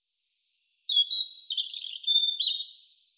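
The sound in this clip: European robin song: a high thin whistle, then a silvery, wavering mix of warbled and trilled notes, rising and falling.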